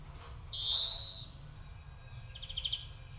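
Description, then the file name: European greenfinch nasal wheezing call, a drawn-out buzzy rising note followed by a short rapid trill, over low background noise. "Chloris chloris"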